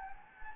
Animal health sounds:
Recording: mosquito wingbeat signal from an infrared sensor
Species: Anopheles gambiae

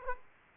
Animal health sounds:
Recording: mosquito wingbeat signal from an infrared sensor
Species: Aedes aegypti

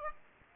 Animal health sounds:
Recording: mosquito wingbeat signal from an infrared sensor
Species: Aedes aegypti

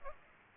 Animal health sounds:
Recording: mosquito wingbeat signal from an infrared sensor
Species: Aedes aegypti

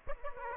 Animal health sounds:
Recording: mosquito wingbeat signal from an infrared sensor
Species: Aedes aegypti

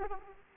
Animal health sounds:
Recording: mosquito wingbeat signal from an infrared sensor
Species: Aedes aegypti

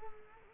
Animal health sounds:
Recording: mosquito wingbeat signal from an infrared sensor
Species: Culex quinquefasciatus

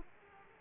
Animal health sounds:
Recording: mosquito wingbeat signal from an infrared sensor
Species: Aedes aegypti

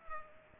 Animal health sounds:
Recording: mosquito wingbeat signal from an infrared sensor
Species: Culex pipiens

